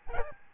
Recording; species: mosquito wingbeat signal from an infrared sensor; Aedes albopictus